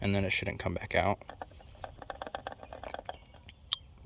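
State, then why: Seated. On a 2012 Mini Cooper S, a new paper oil filter element is pressed onto the plastic filter housing cap while someone talks. A run of small clicks and rustles follows, then one sharp click at 3.7 seconds as the element seats in the cap and is confirmed in.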